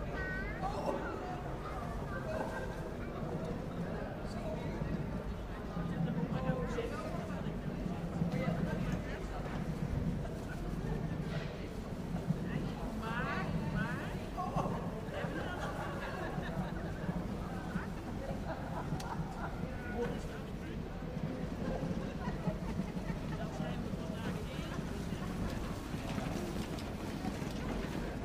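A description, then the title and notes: A busy fruit market hums with a constant crowd of overlapping voices, no single speaker standing out for long. The din stays steady, with a low rumble underneath and scattered knocks and clatters throughout, suggesting traffic or carts. The Sunday Fruit Market. We walk along and listen to the sounds of an active Fruit Market.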